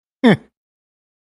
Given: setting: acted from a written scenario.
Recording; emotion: vocal sound without words; amusement